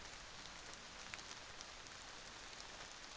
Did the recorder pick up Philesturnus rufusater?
no